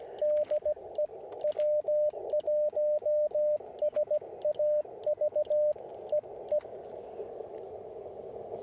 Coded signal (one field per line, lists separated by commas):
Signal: Morse code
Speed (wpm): 16 wpm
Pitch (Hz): 600 Hz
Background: radio noise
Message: DE W1SAV EE